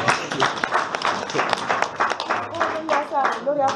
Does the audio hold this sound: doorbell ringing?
no